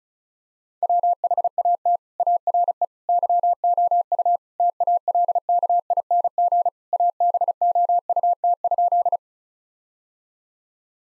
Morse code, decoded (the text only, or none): WHAT ARE YOU TALKING ABOUT?